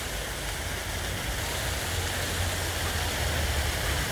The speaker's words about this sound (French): La fontaine de la cour Mirabeau. Peut-être un des endroits les plus touristiques d'ici.